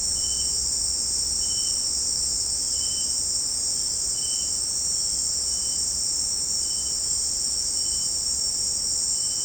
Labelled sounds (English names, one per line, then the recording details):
none
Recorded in pastures near Puerto Asís, Putumayo, Colombia, on 29 June 2025 at 17:30
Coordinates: 0.496, -76.326
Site GP01